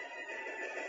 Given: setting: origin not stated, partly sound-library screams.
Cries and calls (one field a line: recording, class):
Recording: one-second piece from a danger detection set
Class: woman in danger